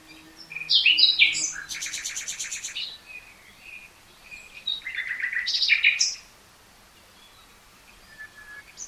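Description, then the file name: Common nightingale song: quick varied notes, a fast buzzy rattle, then a churring phrase, then quiet. "Luscinia megarhynchos"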